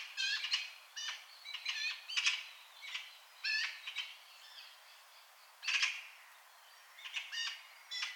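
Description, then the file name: Eurasian magpie chattering with grating, dry notes in uneven clusters, pausing briefly before a loud rasp and a few final clipped notes. "Pica pica"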